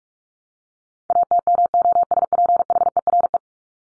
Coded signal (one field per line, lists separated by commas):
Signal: Morse code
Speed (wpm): 44 wpm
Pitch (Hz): 700 Hz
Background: none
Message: ATMOSPHERE